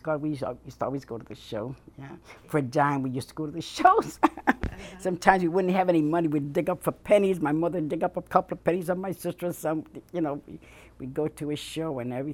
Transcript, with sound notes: God, we used to always go to the show, yeah. For a dime we used to go to the shows. ( she laughs ) Sometimes you wouldn't have any money, we'd dig up for pennies. My mother would dig up a couple of pennies, and my sister or some, you know, we'd go to a show and everything.